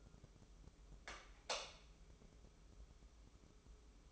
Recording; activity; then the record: daily activity, microphone in the room; light on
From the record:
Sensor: 1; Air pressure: 995.4 hPa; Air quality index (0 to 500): 25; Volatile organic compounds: 0 ppm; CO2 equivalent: 500 ppm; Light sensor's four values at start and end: 11/26/10/11 and 14/42/16/17